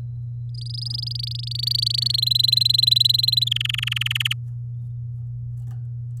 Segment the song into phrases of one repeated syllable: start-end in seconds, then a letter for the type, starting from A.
0.54-2.08 A, 2.09-3.44 B, 3.47-4.33 C